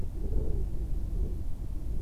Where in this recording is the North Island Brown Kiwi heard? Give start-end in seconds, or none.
none